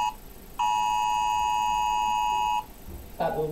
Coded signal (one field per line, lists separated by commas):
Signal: Emergency Alert System (SAME) tones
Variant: 853 and 960 Hz attention tone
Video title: Galaxy Gamer reacts to EAS alarms